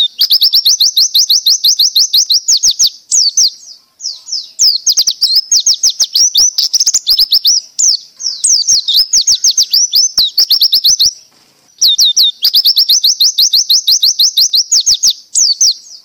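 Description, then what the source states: Nightingale song of rapid trills of high, sharp repeated notes delivered in long bursts with brief pauses between phrases. Song used to train caged songbirds to sing (masteran).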